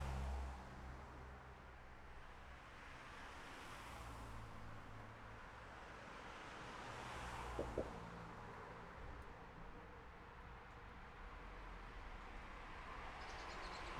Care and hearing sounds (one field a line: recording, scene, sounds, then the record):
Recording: everyday scene through a hearing-aid microphone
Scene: in traffic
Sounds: traffic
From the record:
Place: city secondary road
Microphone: behind the ear, left, front